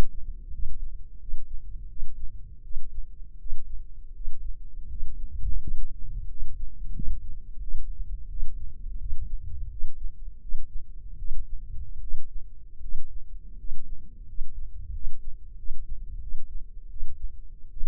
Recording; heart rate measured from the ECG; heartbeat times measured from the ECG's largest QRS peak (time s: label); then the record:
heart sounds by microphone in the left ear; 84 bpm
0.51 s: heartbeat
1.19 s: heartbeat
1.88 s: heartbeat
2.62 s: heartbeat
3.38 s: heartbeat
4.13 s: heartbeat
4.88 s: heartbeat
5.59 s: heartbeat
6.27 s: heartbeat
6.93 s: heartbeat
7.60 s: heartbeat
8.28 s: heartbeat
8.98 s: heartbeat
9.69 s: heartbeat
10.40 s: heartbeat
11.17 s: heartbeat
12.00 s: heartbeat
12.80 s: heartbeat
13.56 s: heartbeat
14.26 s: heartbeat
14.92 s: heartbeat
15.56 s: heartbeat
16.19 s: heartbeat
16.88 s: heartbeat
17.69 s: heartbeat
From the record:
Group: healthy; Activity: rest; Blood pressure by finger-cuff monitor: 137/74 mmHg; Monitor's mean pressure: 90 mmHg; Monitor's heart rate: 85 bpm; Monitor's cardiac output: 7.8 L/min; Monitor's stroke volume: 93 mL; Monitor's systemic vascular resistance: 840 dyn s/cm5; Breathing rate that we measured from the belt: 14 breaths a minute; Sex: male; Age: 23 years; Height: 179 cm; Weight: 87 kg